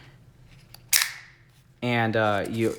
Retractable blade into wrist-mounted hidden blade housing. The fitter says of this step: So you just push it back in and it clicks into place. You'll know that it clicks back into place when it won't pop out.